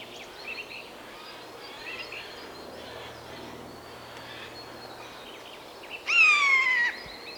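Common buzzard mewing call: one loud, plaintive whistle that slides slightly downward near the end, after quiet background with faint bird notes and hiss.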